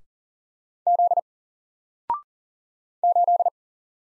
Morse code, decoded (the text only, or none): Z 8